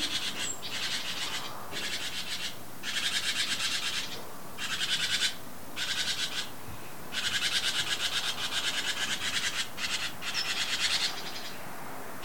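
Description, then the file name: Great tit calling with repeated buzzy, scolding churrs in rapid bursts, occasionally opened by a sharp high note, over steady low background noise. "Parus major"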